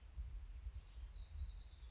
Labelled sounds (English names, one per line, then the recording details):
House Wren
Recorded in Sonoma County, California